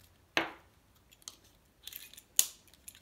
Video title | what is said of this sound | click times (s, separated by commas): Volkswagen Passat Key Fob Battery Replacement: Easy Method | and it should just snap into place like that | 2.4 s